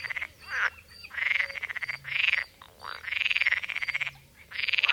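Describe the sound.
Pool frogs giving several bursts of fast, buzzy pulsed croaks with short quiet pauses between.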